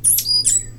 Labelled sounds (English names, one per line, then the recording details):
Stitchbird song
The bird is a male
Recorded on Tiritiri Matangi Island, New Zealand, in 2005
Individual 17, of nest box 25